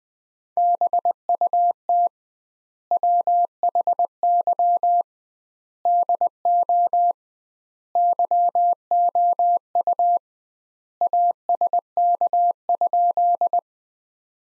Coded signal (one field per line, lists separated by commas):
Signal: Morse code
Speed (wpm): 21 wpm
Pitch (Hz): 700 Hz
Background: none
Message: BUT WHY DO YOU ASK?